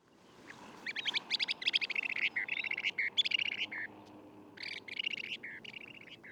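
Long-billed dowitcher calls: rapid runs of sharp, high notes in quick clusters, pausing briefly before another burst.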